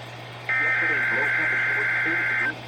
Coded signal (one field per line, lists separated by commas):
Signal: Emergency Alert System (SAME) tones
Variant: header bursts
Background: speech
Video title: 11/12/25 - KHB38 & WXJ94 Required Weekly Tests (EAS #1343 & EAS #1344)